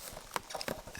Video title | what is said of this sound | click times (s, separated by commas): How To Carry Out A FULL SERVICE For Your 2017 BMW 3 Series 3.0 Litre Turbo Diesel X-Drive | that locks in place there we go | 0.4 s